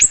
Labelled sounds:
Ovenbird flight call

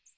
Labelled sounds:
American Redstart flight call

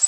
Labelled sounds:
Orange-crowned Warbler flight call

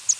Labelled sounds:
Palm Warbler flight call

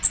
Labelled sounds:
Bay-breasted Warbler flight call

